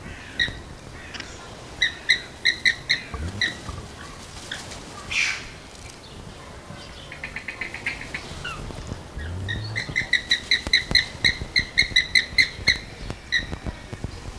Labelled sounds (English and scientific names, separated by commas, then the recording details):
Andean Flamingo (Phoenicoparrus andinus) aggressive call
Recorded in captivity
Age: adult
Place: Zoo Berlin, Berlin, DE
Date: 2000-08-29 13:59
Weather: heiter, 21°C
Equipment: Nagra SN, Kopie Uher 4000 Report Monitor
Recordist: Tembrock, Günter